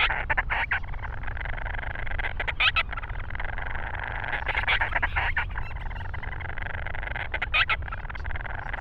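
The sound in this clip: Grant's storm petrel, quick harsh chatter and squeaky notes in bursts, strongest near three and eight seconds, over a low continuous rumble.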